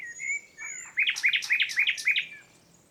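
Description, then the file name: Common nightingale singing: drawn-out whistles lead into a quick, loud series of repeated chirps. "Luscinia megarhynchos"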